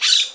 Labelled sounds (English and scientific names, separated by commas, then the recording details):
Brown-throated Parakeet (Eupsittula pertinax) contact call
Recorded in Margarita
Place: Rd. to Arenera, R. El Muco
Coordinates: 10.983, -64.362